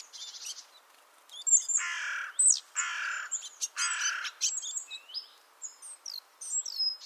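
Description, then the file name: Great tit calls: a few thin high notes, then three harsh, buzzy churring bursts about a second apart, followed by scattered high chips and short whistles. "Parus major"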